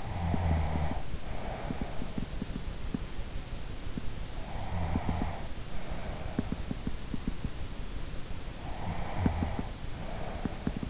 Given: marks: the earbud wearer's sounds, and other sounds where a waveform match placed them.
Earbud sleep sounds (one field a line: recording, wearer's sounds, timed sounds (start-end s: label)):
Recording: sounds in sleep by an in-ear microphone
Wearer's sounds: snoring breath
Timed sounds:
0.00-2.27 s: snoring breath
4.54-6.82 s: snoring breath
8.79-10.89 s: snoring breath